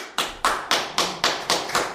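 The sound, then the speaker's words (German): Clapping from an audience in a steady, even rhythm: about eight sharp, bright claps in two seconds, each with a short fading tail, and no voices. “Vorsicht mit dem Beifall!”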